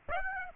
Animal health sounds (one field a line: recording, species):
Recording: mosquito wingbeat signal from an infrared sensor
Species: Aedes aegypti